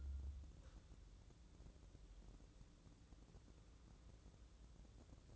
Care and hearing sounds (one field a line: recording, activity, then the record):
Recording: daily activity, microphone in the room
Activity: wipe stove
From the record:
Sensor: 3